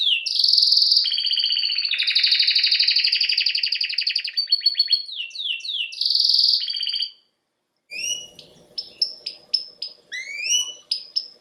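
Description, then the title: Domestic canary pouring out rolling trills and swept notes, a short silence, then a series of separate chirps over a faint low hum. Male Belgian canary singing a lot; used for canary training to warm up a young bird. "Esquente Seu Filhote E Canario Belga Macho Cantando Muito"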